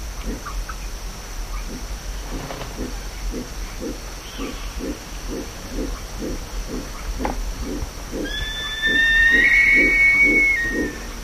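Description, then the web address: Black-chested buzzard-eagle giving a long, clear whistled call near the end that steps up in pitch, over steady low rhythmic pulsing throughout. "cantos aguinegra"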